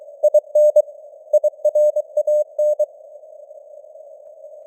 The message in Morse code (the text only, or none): IN IRAN